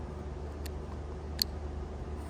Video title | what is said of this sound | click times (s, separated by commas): How to FULLY DELETE your 5th Gen Cummins AT HOME (2019-2021 6.7 Cummins) | you're going to take these wires and you're going to insert them until you hear a click | 1.4 s